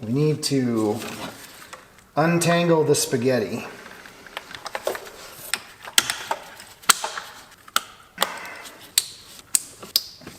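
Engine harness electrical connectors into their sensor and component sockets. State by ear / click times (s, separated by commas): seated / 6.0 s, 6.9 s, 7.8 s, 9.0 s, 9.5 s, 10.0 s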